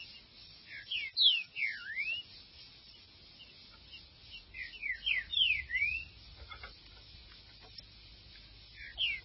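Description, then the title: Green-winged saltator song: two phrases of rapid downslurred whistles, each ending in a V-shaped note and separated by a pause, then the start of a third, over faint background noise. "Trinca Ferro"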